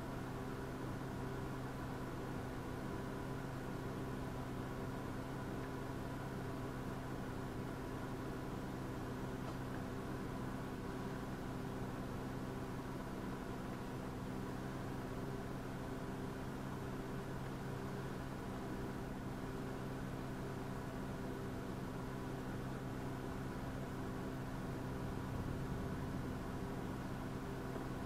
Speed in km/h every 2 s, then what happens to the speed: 0, 0, 0, 0, 0, 0, 0, 0, 0, 0, 0, 0, 0, 0.
0-28 standing.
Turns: none.